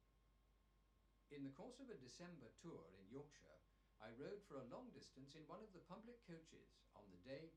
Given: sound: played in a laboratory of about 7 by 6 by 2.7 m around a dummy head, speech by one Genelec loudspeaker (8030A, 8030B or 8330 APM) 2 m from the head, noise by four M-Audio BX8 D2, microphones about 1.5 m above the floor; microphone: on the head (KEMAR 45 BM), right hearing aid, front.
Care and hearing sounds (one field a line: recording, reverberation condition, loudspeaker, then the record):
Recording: male speech in English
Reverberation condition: low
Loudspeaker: behind (180 degrees)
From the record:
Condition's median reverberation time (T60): about 310 ms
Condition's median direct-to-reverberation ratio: about 3.5 dB